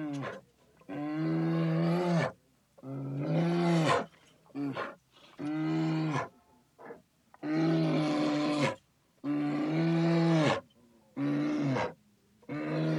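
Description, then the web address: Bear roaring, a series of loud, deep, moaning bellows with rich harmonics, repeated with short breaks, some shorter grunts between them. "sonidos rugido de oso"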